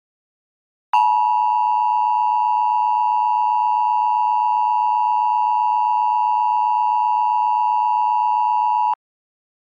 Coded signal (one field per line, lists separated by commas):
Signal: Emergency Alert System (SAME) tones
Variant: 853 and 960 Hz attention tone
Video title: EAS Scenario 5: The Connecticut Shootings